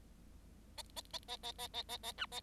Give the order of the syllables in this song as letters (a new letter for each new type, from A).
A A A A A A A A A B A